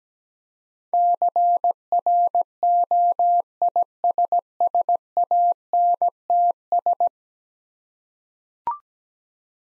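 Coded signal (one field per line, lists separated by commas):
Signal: Morse code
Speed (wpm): 17 wpm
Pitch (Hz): 700 Hz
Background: none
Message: CROISSANTS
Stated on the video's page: Morse practice of difficult words at 17 wpm with contextual hints, a copying drill.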